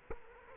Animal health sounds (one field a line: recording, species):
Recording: mosquito wingbeat signal from an infrared sensor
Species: Culex quinquefasciatus